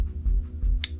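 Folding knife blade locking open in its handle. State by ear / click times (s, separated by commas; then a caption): seated / 0.8 s. A folding knife is opened again, and its blade locks open in the handle with a loud, crisp click at 0.8 s, popping into place. The click sits over a steady low hum.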